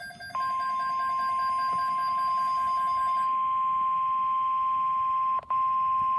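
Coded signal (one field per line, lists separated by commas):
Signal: Emergency Alert System (SAME) tones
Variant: 1050 Hz attention tone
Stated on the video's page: Tornado watch received from a NOAA Weather Radio station at home.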